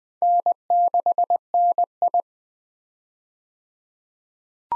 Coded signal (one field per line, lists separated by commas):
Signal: Morse code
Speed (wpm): 20 wpm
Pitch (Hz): 700 Hz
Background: none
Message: N6NI